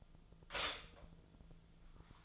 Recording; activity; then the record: daily activity, microphone in the room; stop toaster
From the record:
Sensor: 5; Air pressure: 1009.4 hPa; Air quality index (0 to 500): 168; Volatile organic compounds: 4 ppm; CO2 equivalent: 1622 ppm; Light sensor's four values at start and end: 90/239/97/102 and 90/239/97/103